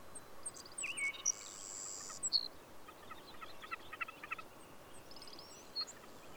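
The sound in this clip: Bird song: several high whistled notes and a buzzy trill early on, followed by a soft run of clipped chirps, with background hiss throughout.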